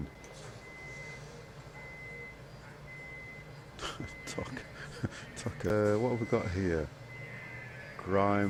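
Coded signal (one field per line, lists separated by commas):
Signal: none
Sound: game interface beeps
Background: speech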